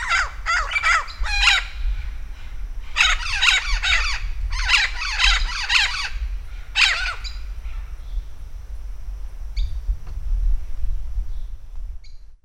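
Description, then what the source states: Vinaceous-breasted amazon uttering groups of harsh, arched squawks for about seven seconds, followed by near silence. Campos do Jordão, São Paulo, Brazil; dated 3-12-09.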